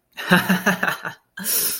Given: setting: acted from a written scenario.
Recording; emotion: vocal sound without words; amusement